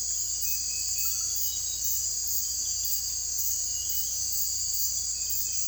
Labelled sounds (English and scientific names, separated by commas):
none